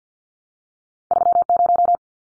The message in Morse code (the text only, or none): 30